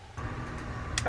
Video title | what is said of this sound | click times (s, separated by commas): How to Service The Spool and Drag Assemblies on a Penn International 30 VISW Big Game Fishing Reel | Once that snaps into place, | 1.0 s, 1.1 s